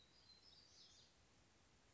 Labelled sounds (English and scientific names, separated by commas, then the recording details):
Black-throated Gray Warbler (Setophaga nigrescens)
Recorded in Sonoma County, California